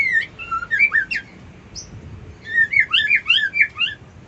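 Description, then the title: White-eye song: two rapid, jumbled phrases of high slurred chirps and twitters separated by a brief pause. Song style known locally as ngerol ngalas. "Suara Burung Pleci Ngerol Ngalas"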